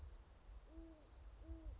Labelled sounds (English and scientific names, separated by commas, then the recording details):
Great Horned Owl (Bubo virginianus)
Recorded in Sonoma County, California